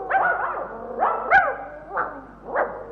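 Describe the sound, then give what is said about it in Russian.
Dogs being teased bark in a series of about five or six sharp, mid-pitched yelps at irregular intervals, with a low steady hum underneath and no talking. “На что вы собак дразните?”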